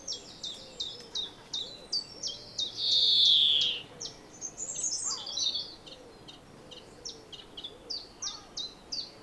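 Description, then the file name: European greenfinch calling with high clipped notes, a loud buzzy wheeze, then a twittering burst before the repeated notes resume. "Chloris chloris"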